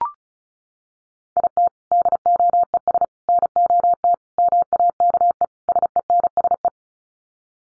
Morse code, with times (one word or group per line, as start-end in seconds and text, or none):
1.4-1.7 IT
1.9-3.0 DOES
3.3-4.1 NOT
4.4-5.4 MAKE
5.7-6.7 SENSE